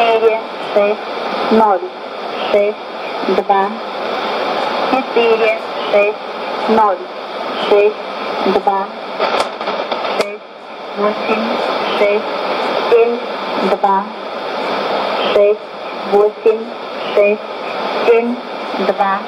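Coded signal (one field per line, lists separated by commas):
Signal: numbers station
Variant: S06s, Russian male voice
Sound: a man reading short Russian number words at a steady rhythm through radio hiss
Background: radio static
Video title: 18 02 2016 Numbers station S06s in Russian 0934 on 8812 CUSB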